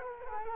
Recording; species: mosquito wingbeat signal from an infrared sensor; Culex quinquefasciatus